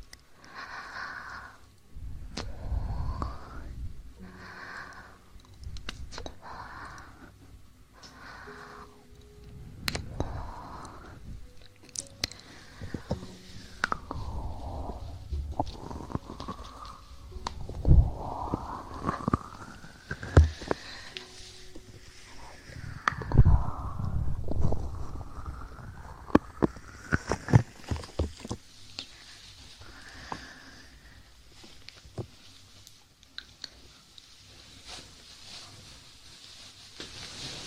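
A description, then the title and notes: Sounds of sugar being eaten and gel rubbed over the ears, with wet, sticky rubbing that sweeps up and down in pitch. Sharp crackles, clicks and low muffled thumps come throughout, busiest from about 15 to 30 seconds, then thinning out. Eating sugar, aloe vera gel ear massage.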